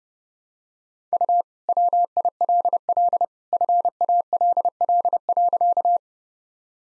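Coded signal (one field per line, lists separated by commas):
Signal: Morse code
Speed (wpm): 30 wpm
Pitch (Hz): 700 Hz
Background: none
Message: U WILL FALL.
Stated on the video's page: Morse head-copy drill at 30 wpm of sentences from the top 500 words and abbreviations, each sent twice.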